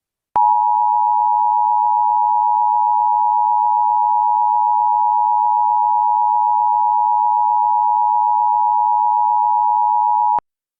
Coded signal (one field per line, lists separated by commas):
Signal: Emergency Alert System (SAME) tones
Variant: 853 and 960 Hz attention tone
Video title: EAS Scenario: Valentine’s Day Virus